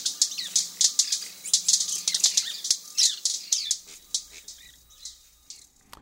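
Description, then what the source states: White-bearded Manakin wing snaps, a rapid series of loud cracking pops and buzzy riffles that thin out and fade toward the end. Firecracker-like popping snaps and riffles are mechanical sounds made with the wing feathers, used as ornaments like songs.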